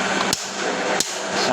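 A torque wrench set to 12 kg tightens a wheel nut on a car until it gives its click, with two sharp, brief clicks heard at 0.3 s and 1.0 s over steady broadband background noise. Each click marks the wrench reaching its set torque on the nut.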